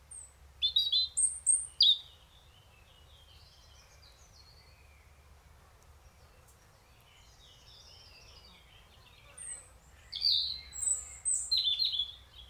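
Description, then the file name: European robin song: bursts of high, glassy twittering notes at the start, a long quiet pause, then another run of sharp, varied phrases. "Erithacus rubecula"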